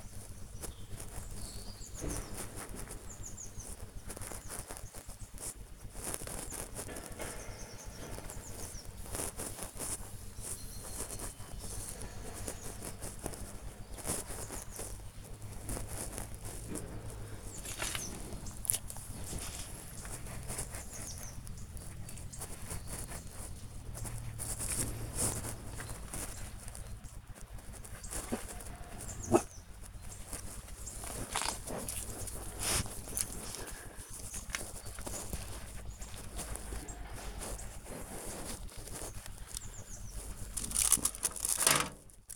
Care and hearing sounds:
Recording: household activities, microphone on the right wrist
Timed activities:
0.00-42.36 s: sowing seeds

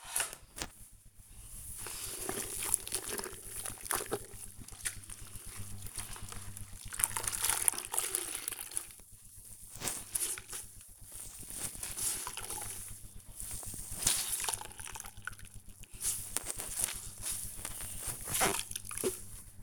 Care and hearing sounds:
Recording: household activities, microphone on the right wrist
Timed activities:
0.00-19.63 s: floor cleaning

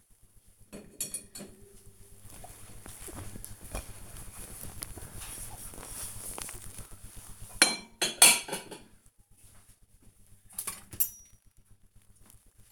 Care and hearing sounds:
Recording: household activities, microphone on the right wrist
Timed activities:
0.00-12.72 s: cleaning out the dishwasher

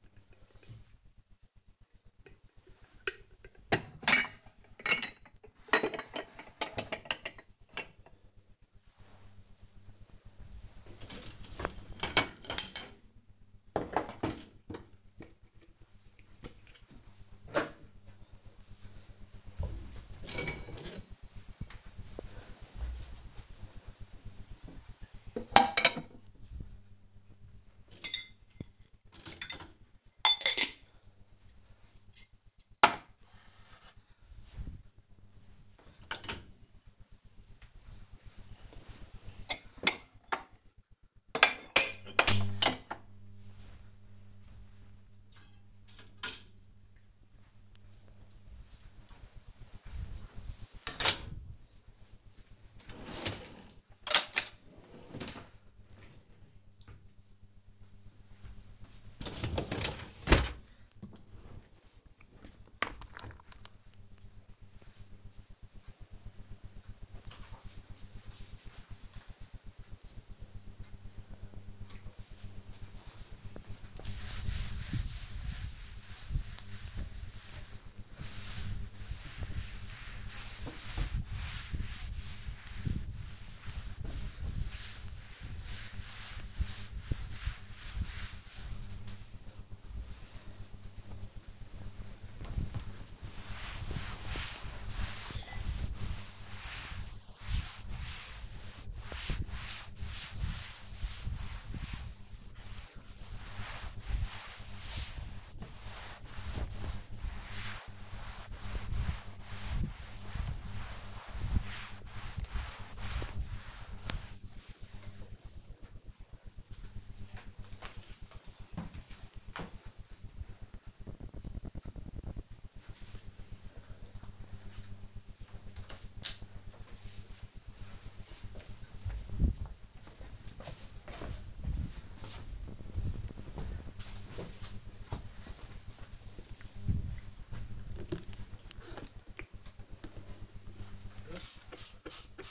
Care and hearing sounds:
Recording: household activities, microphone on the right wrist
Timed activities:
0.00-61.95 s: cleaning out the dishwasher
71.02-114.29 s: cleaning table
139.43-142.51 s: window cleaning

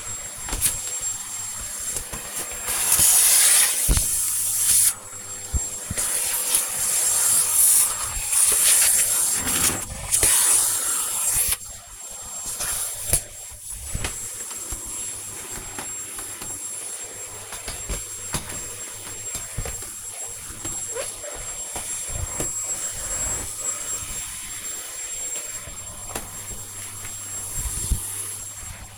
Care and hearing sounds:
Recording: household activities, microphone on the right wrist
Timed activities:
0.00-28.98 s: vacuum cleaning

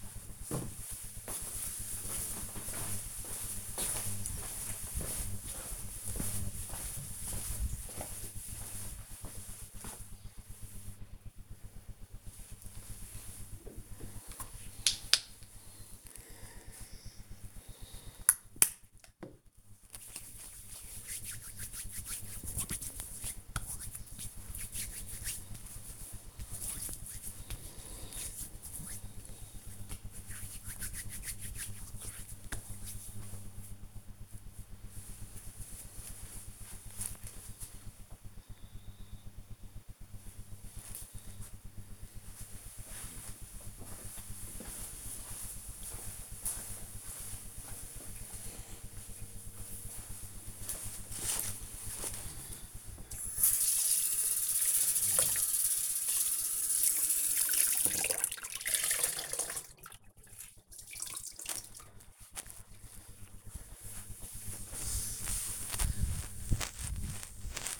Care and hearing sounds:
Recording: household activities, microphone on the right wrist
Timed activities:
13.61-32.75 s: disinfecting hands
50.89-67.80 s: cleaning table

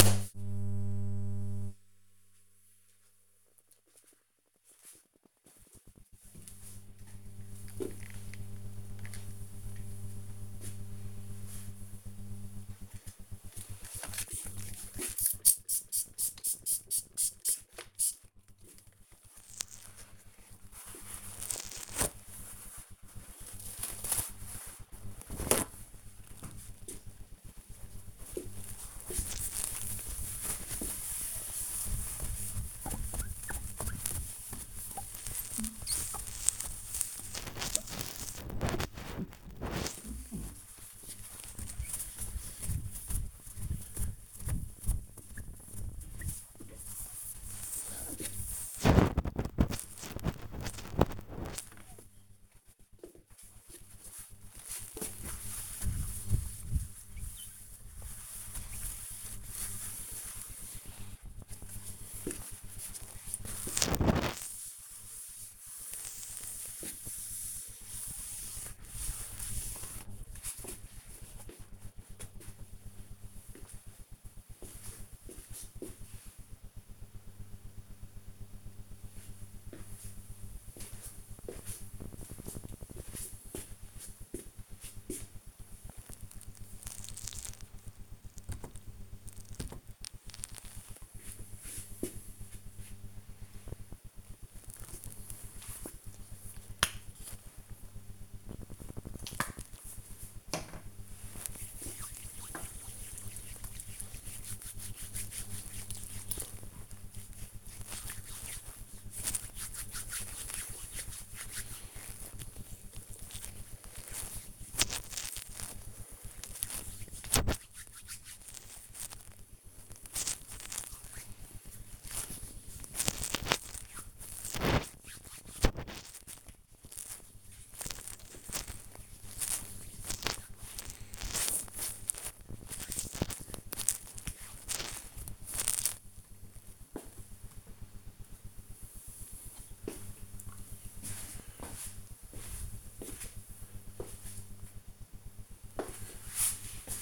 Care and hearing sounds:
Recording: household activities, microphone on the right wrist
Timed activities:
12.36-71.78 s: window cleaning
93.97-137.25 s: cream hands

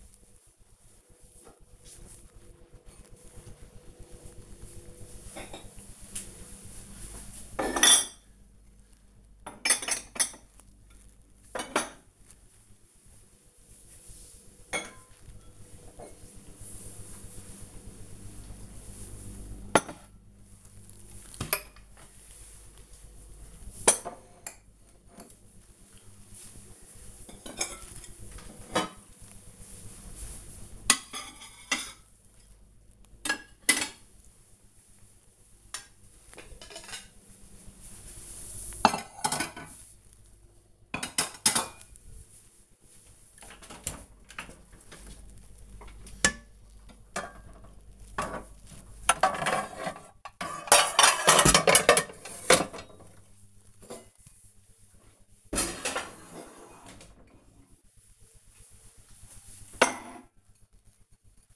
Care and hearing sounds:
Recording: household activities, microphone on the right wrist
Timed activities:
0.00-61.56 s: putting away the dishes

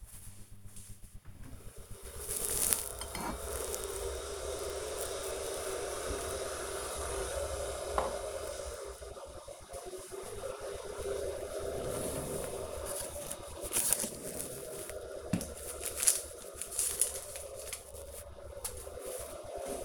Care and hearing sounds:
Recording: household activities, microphone on the right wrist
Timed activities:
0.00-19.85 s: making tea

